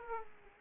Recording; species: mosquito wingbeat signal from an infrared sensor; Aedes aegypti